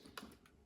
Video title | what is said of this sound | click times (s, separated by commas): Water Tastes Great Right On the Counter! Reverse Osmosis Filter by ECOVIVA | Just put that down in there, and then it locks into place. | 0.2 s